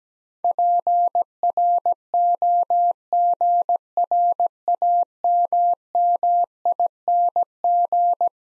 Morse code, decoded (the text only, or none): PROGRAMMING